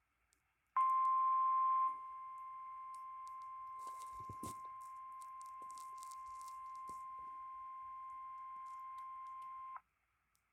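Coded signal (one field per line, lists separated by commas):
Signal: Emergency Alert System (SAME) tones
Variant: 1050 Hz attention tone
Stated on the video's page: Required Weekly Test received on NOAA weather radio transmitters via scanner, with some skipping in the audio.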